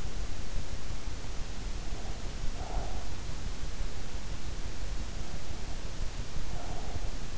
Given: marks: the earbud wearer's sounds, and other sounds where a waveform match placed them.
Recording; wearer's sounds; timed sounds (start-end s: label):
sounds in sleep by an in-ear microphone; breath
1.86-3.26 s: breath
6.21-7.38 s: breath